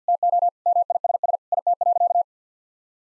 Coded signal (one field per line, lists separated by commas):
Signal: Morse code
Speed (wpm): 50 wpm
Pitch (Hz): 700 Hz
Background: none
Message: TO MISS IT.